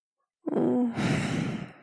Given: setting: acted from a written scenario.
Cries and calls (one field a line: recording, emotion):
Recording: vocal sound without words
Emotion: shame